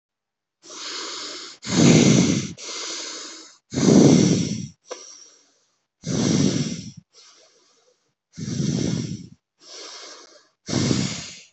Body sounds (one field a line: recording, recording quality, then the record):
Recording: shallow breathing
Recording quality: excellent, no background noise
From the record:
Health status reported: healthy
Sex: male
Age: 34 years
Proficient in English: yes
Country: India